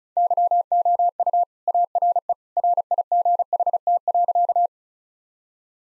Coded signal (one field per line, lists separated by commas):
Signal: Morse code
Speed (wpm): 34 wpm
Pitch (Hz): 700 Hz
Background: none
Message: YOU ARE RIGHT.